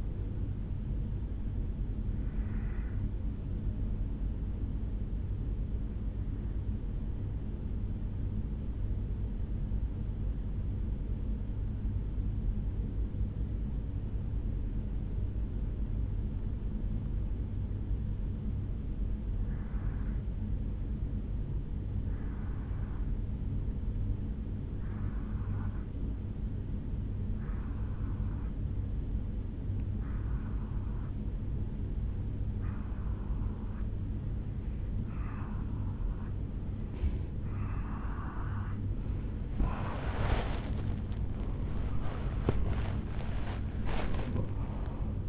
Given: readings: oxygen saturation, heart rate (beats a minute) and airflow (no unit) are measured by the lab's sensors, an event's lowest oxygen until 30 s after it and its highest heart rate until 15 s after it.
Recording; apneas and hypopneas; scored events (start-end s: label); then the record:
breathing in sleep by a smartphone at the bedside; 1
9.00-34.80 s: obstructive apnea (N1, oxygen 96% highest, then 88% lowest, heart rate 57 at the start, 76 highest)
16.00-45.29 s: new sleep stage, N2 (light sleep)
From the record:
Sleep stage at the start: N1 (lightest sleep); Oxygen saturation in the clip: 88 to 96%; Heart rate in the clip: 56 to 74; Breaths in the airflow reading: 4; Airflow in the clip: -9.4 to 6.4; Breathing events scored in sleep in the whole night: 449 in 7.0 hours asleep